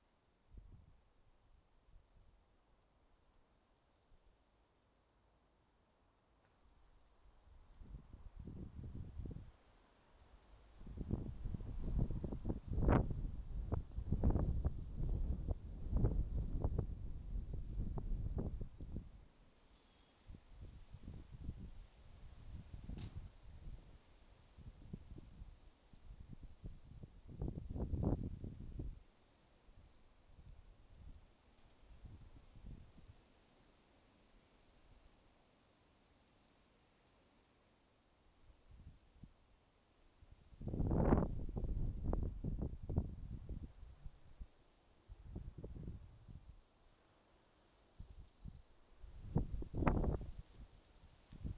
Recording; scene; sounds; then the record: everyday scene through a hearing-aid microphone; wind on the microphone; wind, traffic, birds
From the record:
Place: suburban garden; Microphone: in the ear canal, left